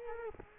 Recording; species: mosquito wingbeat signal from an infrared sensor; Culex quinquefasciatus